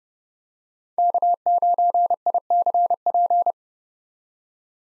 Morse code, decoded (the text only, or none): K9ICP